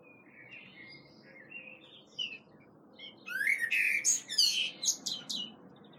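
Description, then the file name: Common blackbird song with a few faint flute-like notes, then a louder run of rich warbles and squeaky high twitters against a soft hum. "Turdus merula"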